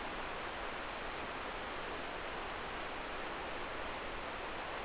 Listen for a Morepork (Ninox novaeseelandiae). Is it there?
no